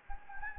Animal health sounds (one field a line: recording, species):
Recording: mosquito wingbeat signal from an infrared sensor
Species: Anopheles gambiae